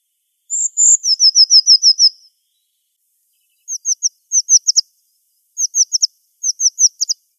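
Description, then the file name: Eurasian blue tit song: a high thin note followed by a rapid trill of repeated notes, then several short bursts of quick ringing notes separated by pauses. "mesbleue"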